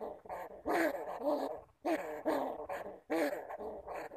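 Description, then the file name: Bamboo rat calls: three main bursts of buzzy, bending squeals with rich harmonics, each lasting about a second. "Tieng dui keu"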